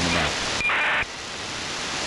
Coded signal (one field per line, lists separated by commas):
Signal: ACARS aircraft data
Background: speech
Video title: How to decode ACARS using SDRuno & MultiPSK (MV016)